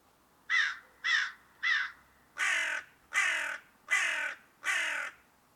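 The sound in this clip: Crow giving three brief harsh caws, then four longer raucous caws at a steady rhythm, with little else audible.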